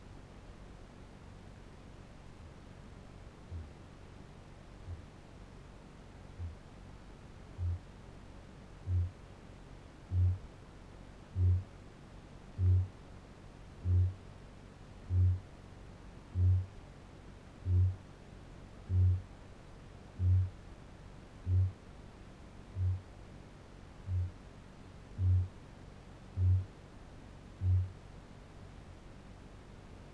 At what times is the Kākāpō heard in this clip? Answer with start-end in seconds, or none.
3.06-6.68, 7.48-7.85, 8.56-27.98